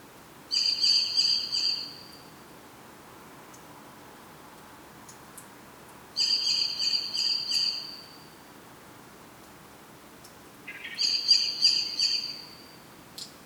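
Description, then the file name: Common blackbird calling in three high, thin, stuttering bursts roughly every five seconds, each lasting about two seconds, with soft faint ticks between them. "Turdus merula"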